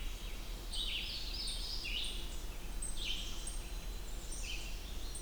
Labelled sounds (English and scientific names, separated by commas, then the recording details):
Red-eyed Vireo (Vireo olivaceus) song
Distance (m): 35 m
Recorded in boreal forest in Alberta, Canada, on 20 June 2016 at 07:19
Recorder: SongMeter 3, array SBT-6-81
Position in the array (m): 114 m, 154 m